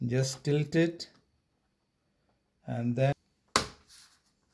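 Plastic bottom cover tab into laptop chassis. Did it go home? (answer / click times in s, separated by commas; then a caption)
yes / 3.6 s. Someone talks while a plastic laptop bottom cover on an Inspiron 15 5000 Series is tilted into place and pressed down. At 3.6 s one of its retaining tabs snaps into the chassis with a single loud, sharp click, and the tab is seated.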